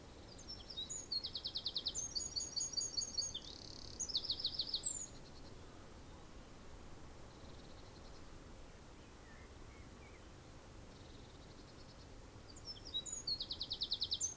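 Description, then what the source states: Bird song in high, rapid trilled bursts of sharp chips, several phrases at the start, a long quiet stretch with faint notes, then another trill near the end. Bird singing in the afternoon.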